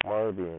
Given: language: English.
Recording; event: throat vibration sensor signal played as sound; speech